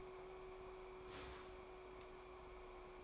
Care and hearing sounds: daily activity, microphone in the room; start toaster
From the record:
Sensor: 1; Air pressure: 1014.7 hPa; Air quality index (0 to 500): 202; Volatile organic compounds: 35 ppm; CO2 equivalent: 3055 ppm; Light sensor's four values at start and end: 3/8/3/3 and 3/8/3/3

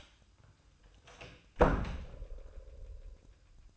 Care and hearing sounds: daily activity, microphone in the room; close door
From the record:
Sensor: 2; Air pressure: 1004.7 hPa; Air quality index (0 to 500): 74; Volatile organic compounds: 1 ppm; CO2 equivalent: 874 ppm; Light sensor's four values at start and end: 7/16/6/7 and 7/16/6/7

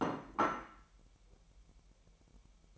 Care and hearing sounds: daily activity, microphone in the room; place plate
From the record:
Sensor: 1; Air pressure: 1002.0 hPa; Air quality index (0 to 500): 242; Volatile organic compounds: 47 ppm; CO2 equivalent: 3260 ppm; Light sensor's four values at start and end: 8/28/10/11 and 8/28/10/11

